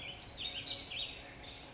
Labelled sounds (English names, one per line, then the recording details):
Warbling Vireo
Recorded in Sonoma County, California